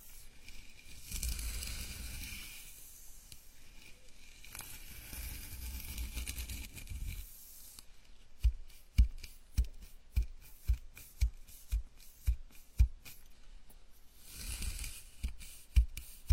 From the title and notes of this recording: Enjoy the ultimate scalp massage, gentle and comfortable.